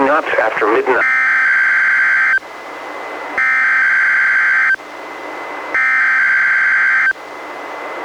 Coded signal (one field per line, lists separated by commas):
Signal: Emergency Alert System (SAME) tones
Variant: header bursts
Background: speech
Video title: EAS #623: NWR Required Weekly Test- June 1, 2022- 11:04AM PDT